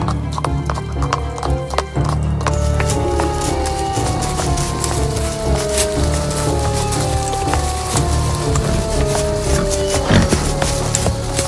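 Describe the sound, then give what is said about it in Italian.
Horses' hooves gallop in a rapid, steady drumming rhythm over a low rumble, while a horse lets out a long, wavering whinny that slides downward in pitch. “E così prepararono i loro cavalli e partirono”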